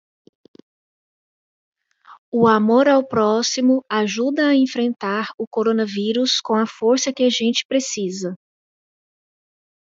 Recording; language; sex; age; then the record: spoken sentence; Brazilian Portuguese; female; 40 to 49 years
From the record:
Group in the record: control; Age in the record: 43 years